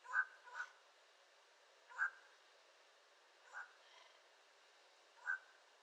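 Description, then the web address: Yellow-crowned amazon giving a few quiet, rasping single notes at uneven intervals against low background hiss. "sound yellow-crowned-amazon. صدای-پرنده-آمازون-تاجزرد"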